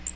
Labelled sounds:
Magnolia Warbler (Setophaga magnolia) flight call

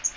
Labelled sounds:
Magnolia Warbler (Setophaga magnolia) flight call

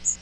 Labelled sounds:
Magnolia Warbler (Setophaga magnolia) flight call

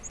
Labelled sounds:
Lucy's Warbler (Leiothlypis luciae) flight call

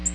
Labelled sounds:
Nashville Warbler (Leiothlypis ruficapilla) flight call

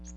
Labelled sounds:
Magnolia Warbler (Setophaga magnolia) flight call

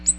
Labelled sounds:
Ovenbird (Seiurus aurocapilla) flight call

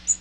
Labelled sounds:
Magnolia Warbler (Setophaga magnolia) flight call

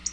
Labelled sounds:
Black-throated Blue Warbler (Setophaga caerulescens) flight call

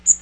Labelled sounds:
Magnolia Warbler (Setophaga magnolia) flight call

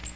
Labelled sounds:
Magnolia Warbler (Setophaga magnolia) flight call

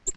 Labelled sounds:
Black-throated Gray Warbler (Setophaga nigrescens) flight call

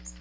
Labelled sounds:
Magnolia Warbler (Setophaga magnolia) flight call

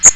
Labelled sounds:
Magnolia Warbler (Setophaga magnolia) flight call

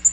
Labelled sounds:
Black-throated Green Warbler (Setophaga virens) flight call

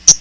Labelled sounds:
Hooded Warbler (Setophaga citrina) flight call

